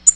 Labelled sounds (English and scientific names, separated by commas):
Tennessee Warbler (Leiothlypis peregrina) flight call